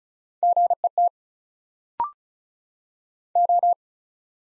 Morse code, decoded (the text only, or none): GET O